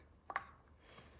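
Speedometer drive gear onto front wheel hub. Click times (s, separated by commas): 0.3 s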